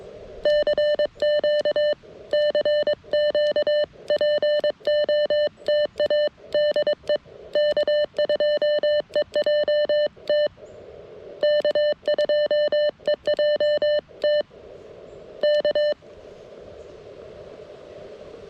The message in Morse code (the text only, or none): CQ CQ POTA DE K2EJT K2EJT K